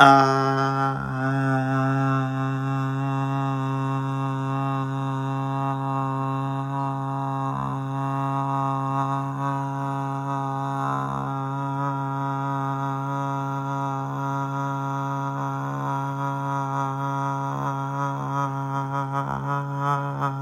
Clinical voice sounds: sustained vowel /a/; male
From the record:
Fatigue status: no fatigue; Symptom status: asymptomatic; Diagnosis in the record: COVID-19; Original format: m4a

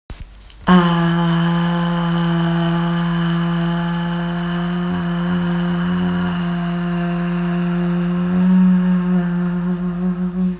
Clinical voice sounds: sustained vowel /a/; female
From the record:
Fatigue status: fatigue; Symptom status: symptomatic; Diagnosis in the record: COVID-19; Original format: m4a

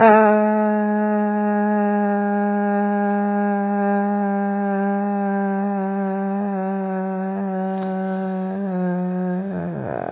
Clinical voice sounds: sustained vowel /a/; female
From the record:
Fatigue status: no fatigue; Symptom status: symptomatic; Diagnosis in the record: COVID-19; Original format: 3gp

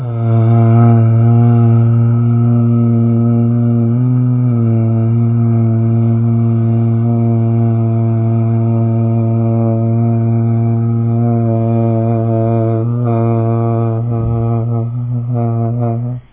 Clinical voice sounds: sustained vowel /a/; male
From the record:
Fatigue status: fatigue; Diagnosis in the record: COVID-19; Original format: 3gp

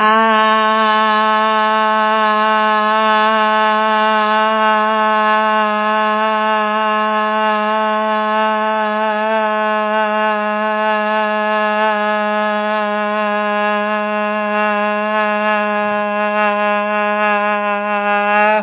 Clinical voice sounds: sustained vowel /a/; female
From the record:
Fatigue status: no fatigue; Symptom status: symptomatic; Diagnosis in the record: COVID-19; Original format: 3gp

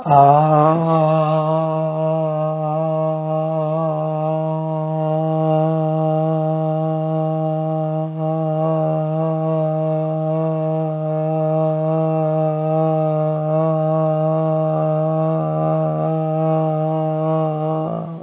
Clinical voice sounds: sustained vowel /a/; female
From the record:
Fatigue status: fatigue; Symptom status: symptomatic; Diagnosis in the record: COVID-19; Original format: 3gp

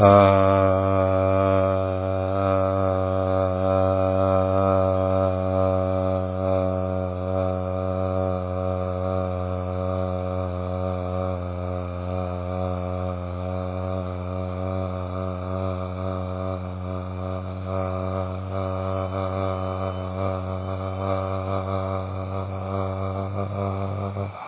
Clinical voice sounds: sustained vowel /a/; male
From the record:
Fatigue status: no fatigue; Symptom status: asymptomatic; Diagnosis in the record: COVID-19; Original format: 3gp

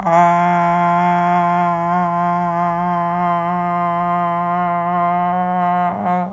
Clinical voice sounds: sustained vowel /a/; female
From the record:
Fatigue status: fatigue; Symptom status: symptomatic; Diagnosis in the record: COVID-19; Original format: m4a

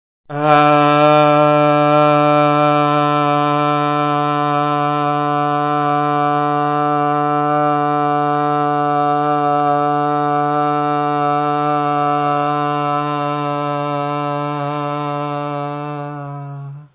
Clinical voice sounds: sustained vowel /a/; male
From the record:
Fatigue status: no fatigue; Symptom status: asymptomatic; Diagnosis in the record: COVID-19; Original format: 3gp

